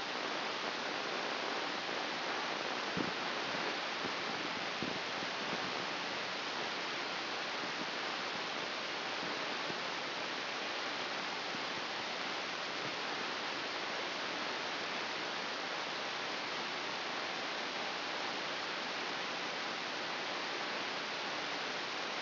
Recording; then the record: brain microelectrode recording played as sound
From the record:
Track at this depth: inside the subthalamic nucleus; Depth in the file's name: 6.732 mm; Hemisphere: right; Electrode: 2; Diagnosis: Parkinson's disease